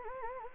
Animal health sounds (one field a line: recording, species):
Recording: mosquito wingbeat signal from an infrared sensor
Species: Anopheles gambiae